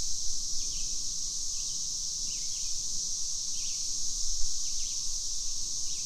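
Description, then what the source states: Cicadas producing a continuous high, hissing drone, with short chirping bird notes repeated throughout. Cicadas recorded together with birds at Little Grand, June 2015.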